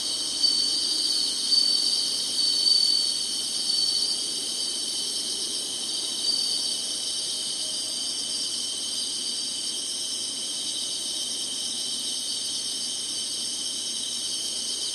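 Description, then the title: High, unbroken insect chorus of rapid pulsing trills, with a scatter of thin whistled notes in the first few seconds. Summer. "SINGING INSECTS SUMMER"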